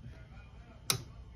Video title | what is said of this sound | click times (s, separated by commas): How to Use a Torque Wrench | and you heard that click right at the end there so now if I try to do this again | 0.9 s